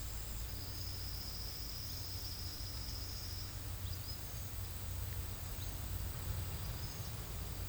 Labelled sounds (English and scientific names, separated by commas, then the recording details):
none
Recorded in pastures near Puerto Asís, Putumayo, Colombia, on 8 March 2025 at 12:00
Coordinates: 0.472, -76.329
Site G074